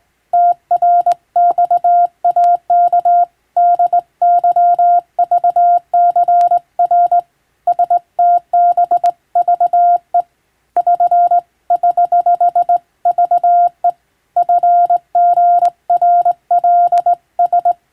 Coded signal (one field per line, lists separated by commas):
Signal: Morse code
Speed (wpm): 20 wpm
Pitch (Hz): 700 Hz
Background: none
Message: TRXAK DYVCR STBVE <SN> <HH> VE FGRLS